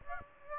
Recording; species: mosquito wingbeat signal from an infrared sensor; Aedes aegypti